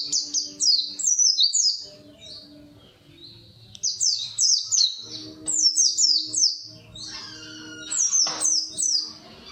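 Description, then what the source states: White-eye song: fast high descending twitters in several runs, over a steady low hum and some lower noises. Song style described as ngalas ngeroll.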